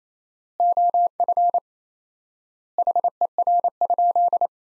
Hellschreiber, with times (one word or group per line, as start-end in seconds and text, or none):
none